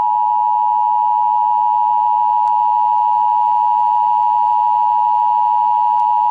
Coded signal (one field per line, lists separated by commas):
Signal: Emergency Alert System (SAME) tones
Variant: 853 and 960 Hz attention tone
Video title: Nuclear bomb eas fake prank free to use